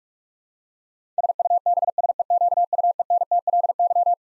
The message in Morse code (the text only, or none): SUBSEQUENTLY